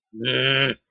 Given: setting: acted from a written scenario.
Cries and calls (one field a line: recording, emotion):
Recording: vocal sound without words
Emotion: anger